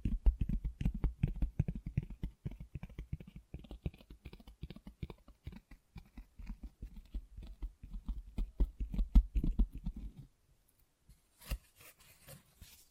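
Rapid, dense tapping and scratching runs for about ten seconds, quick irregular clicks over a steady low rumble, fairly uniform in loudness. Around ten seconds the rumble drops away, leaving sparse soft taps, then a brief bright scrape near eleven and a half seconds.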